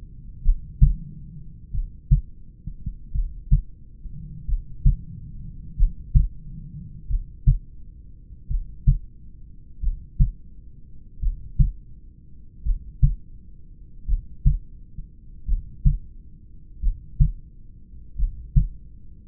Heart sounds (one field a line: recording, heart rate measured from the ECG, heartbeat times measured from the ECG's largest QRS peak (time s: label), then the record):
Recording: heart sounds by stethoscope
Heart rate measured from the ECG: 44 bpm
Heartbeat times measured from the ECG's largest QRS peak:
0.47 s: heartbeat
1.76 s: heartbeat
3.17 s: heartbeat
4.51 s: heartbeat
5.81 s: heartbeat
7.12 s: heartbeat
8.53 s: heartbeat
9.85 s: heartbeat
11.25 s: heartbeat
12.68 s: heartbeat
14.11 s: heartbeat
15.50 s: heartbeat
16.85 s: heartbeat
18.21 s: heartbeat
From the record:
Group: heart failure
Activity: rest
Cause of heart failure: familial cardiomyopathy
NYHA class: 1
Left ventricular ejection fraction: 49%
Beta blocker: bisoprolol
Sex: male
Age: 31 years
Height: 194 cm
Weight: 96 kg